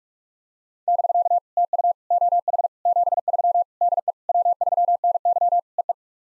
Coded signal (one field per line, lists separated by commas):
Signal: Morse code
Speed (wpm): 46 wpm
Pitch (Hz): 700 Hz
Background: none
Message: <BK> TU OH 73 DE W3NY EE